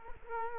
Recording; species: mosquito wingbeat signal from an infrared sensor; Culex quinquefasciatus